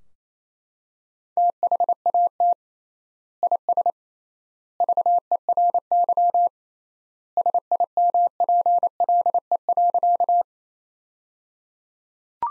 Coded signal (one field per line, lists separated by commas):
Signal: Morse code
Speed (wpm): 27 wpm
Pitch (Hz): 700 Hz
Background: none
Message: THAT IS VERY SIMPLE.